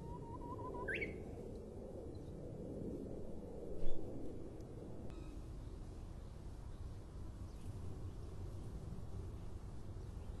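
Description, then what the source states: Japanese bush warbler song: a steady low whistled note followed by a quick rising and falling flourish, then quiet background hiss with a few faint clicks. Recorded in 2012.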